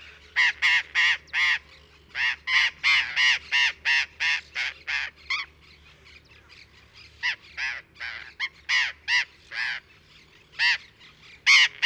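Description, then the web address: Burrowing parrot uttering bursts of loud, scratchy screeches, several quick series separated by short gaps with fainter calls between. "parrots cyanoliseus-patagonus"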